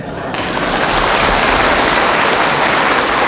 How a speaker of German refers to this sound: Ich werde jetzt hier in die Tasten greifen und bis ich jetzt zum Flügel hingehe, bitte klatschen Sie, damit kein Loch entsteht.